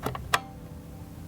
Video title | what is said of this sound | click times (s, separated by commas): SEGA on QD-OLED | Super soft release. | 0.3 s